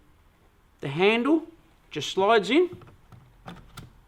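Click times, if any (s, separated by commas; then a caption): none. A plastic handle tube is slid into the socket on the lower body of a floor cleaner while someone talks. A few faint short knocks and scrapes follow near 3.1, 3.5 and 3.8 seconds as the tube is handled. Nothing has seated or clicked yet.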